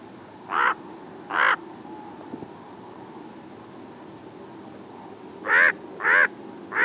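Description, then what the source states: Common raven calls, harsh hoarse croaks, two spaced notes early, then a quick series of three near the end, over faint steady background noise. Arizona.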